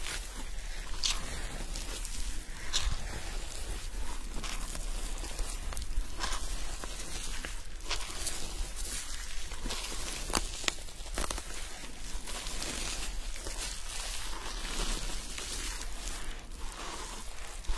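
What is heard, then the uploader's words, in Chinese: Immersive hair washing with a scalp massage: dense, steady scratching and rustling fills the whole stretch, with no pauses. Brief bright swishes and crackles flare up every second or so, and a constant low rumble sits underneath. 沉浸式洗头体验 & 头皮按摩。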